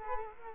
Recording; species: mosquito wingbeat signal from an infrared sensor; Culex quinquefasciatus